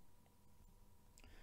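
A threaded cap is screwed onto the body of an Artisan Cutlery Tactic pen, with two brief, faint ticks close together around 1.2 s over a low steady hum. The threads cross and the cap locks up crooked partway down, so it will not go any further, and nothing has seated or clicked.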